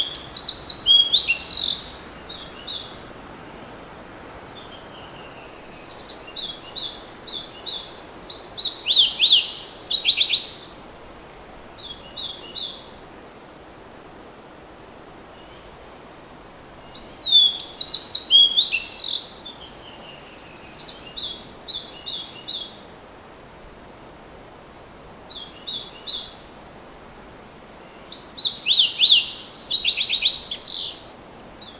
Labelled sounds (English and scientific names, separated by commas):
Fox Sparrow (Passerella iliaca) song